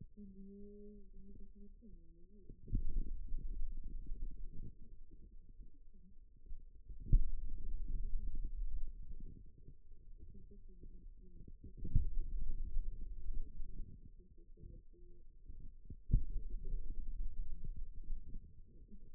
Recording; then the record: forearm muscle sounds (acoustic myography)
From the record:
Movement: finger pinch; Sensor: system 2, bracelet of six BSWA MPA416 microphones around the upper forearm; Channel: 1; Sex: male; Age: 22 years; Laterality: right